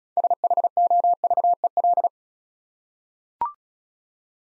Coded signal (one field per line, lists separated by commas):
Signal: Morse code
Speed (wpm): 36 wpm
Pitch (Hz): 700 Hz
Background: none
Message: SHOVEL